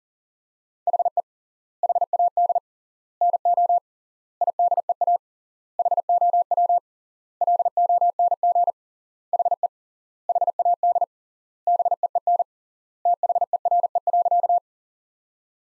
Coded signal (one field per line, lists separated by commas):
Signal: Morse code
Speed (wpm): 40 wpm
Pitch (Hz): 700 Hz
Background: none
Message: HE HAD NO IDEA HOW LONG HE HAD BEEN THERE.